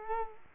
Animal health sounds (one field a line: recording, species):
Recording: mosquito wingbeat signal from an infrared sensor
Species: Culex quinquefasciatus